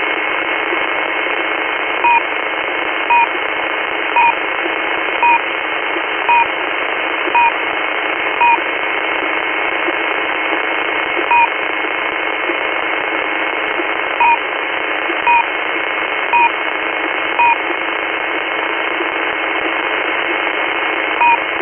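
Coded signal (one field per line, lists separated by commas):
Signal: unidentified radio signal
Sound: brief dual-pitched beeps repeating irregularly, often about a second apart, over steady hiss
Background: radio static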